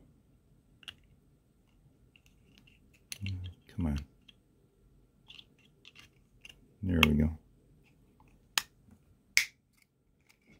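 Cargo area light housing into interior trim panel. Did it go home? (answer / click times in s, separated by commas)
yes / 8.6 s, 9.4 s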